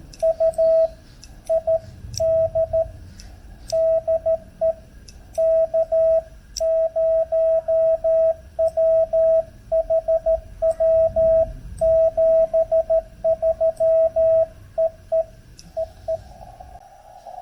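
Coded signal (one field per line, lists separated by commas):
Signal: Morse code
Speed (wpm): 14 wpm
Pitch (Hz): 650 Hz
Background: radio noise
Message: U ID DE K0WHW 73 EE EE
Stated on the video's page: Heard during a park activation in North Carolina; the station met there was operating FT8 with portable gear.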